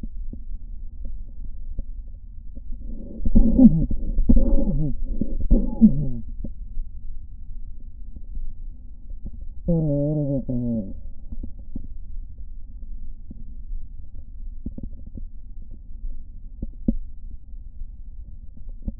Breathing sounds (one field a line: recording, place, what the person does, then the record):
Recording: lung sounds by stethoscope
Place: left posterior basal chest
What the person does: quiet breathing, then cough and speech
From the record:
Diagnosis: COPD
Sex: male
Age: 64 years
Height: 166 cm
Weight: 92.7 kg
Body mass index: 33.6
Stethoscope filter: diaphragm mode